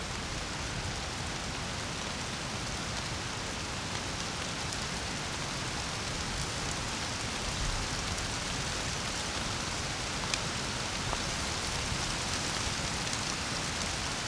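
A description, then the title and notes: Heavy rain pours steadily in a dense, unbroken hiss with rushing water beneath, and a few faint sharp drips near the middle. The recorded storm passed over the area during the night and you can hear the sounds of swollen torrential streams. Recorded in Slovenia by Gregor Vida.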